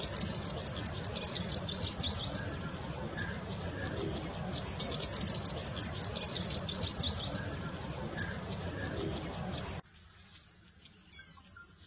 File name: Canto da felosa agricola